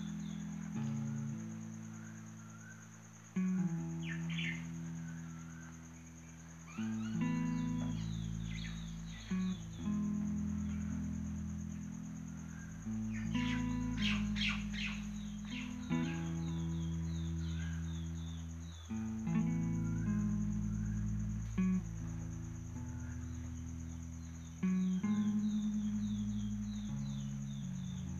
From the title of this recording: Beautiful bird sings in Morning